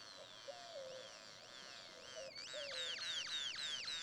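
Great-tailed grackle song: a quick series of downslurred whistled notes that speeds up toward the end, over a steady background hiss.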